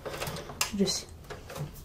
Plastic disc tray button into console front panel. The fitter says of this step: You just snap that back into place like so.